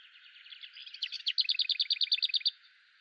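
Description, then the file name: Lesser whitethroat song: a soft, scratchy warble that builds into a loud, dry rattle of more than a dozen quickly repeated notes, then stops. "Braamsluiper"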